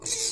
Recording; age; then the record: pig call; weaner (32 to 43 days)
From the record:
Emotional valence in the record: negative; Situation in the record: long isolation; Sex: female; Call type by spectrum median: high-frequency call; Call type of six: high-frequency stable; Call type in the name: high-frequency stable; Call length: 0.31 s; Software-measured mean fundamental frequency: 449 Hz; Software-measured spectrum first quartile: 4309 Hz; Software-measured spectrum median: 6197 Hz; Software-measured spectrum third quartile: 7471 Hz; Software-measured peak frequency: 6607 Hz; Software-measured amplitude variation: 126 dB a second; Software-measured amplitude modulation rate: 16.1 a second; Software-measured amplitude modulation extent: 7.8 dB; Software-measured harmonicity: 1.2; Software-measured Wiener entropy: -2.04